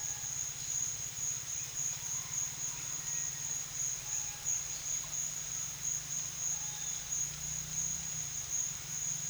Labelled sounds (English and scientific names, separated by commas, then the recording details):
none
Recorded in secondary vegetation near Puerto Asís, Putumayo, Colombia, on 30 June 2025 at 12:00
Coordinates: 0.498, -76.327
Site GP09